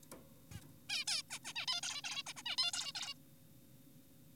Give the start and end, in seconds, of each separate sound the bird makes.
0.52-0.61, 0.89-1.05, 1.08-1.22, 1.30-1.39, 1.45-1.53, 1.56-1.66, 1.68-1.81, 1.83-2.02, 2.04-2.23, 2.27-2.33, 2.37-2.43, 2.46-2.56, 2.58-2.72, 2.74-2.92, 2.95-3.14